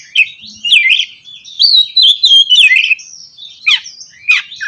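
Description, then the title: Oriental magpie-robin song, loud and continuous: sweet whistles, slurred notes and harsh chirps in a busy, varied stream. "kacer"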